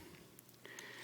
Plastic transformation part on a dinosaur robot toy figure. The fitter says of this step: get to come all the way up and lock into place it does there we go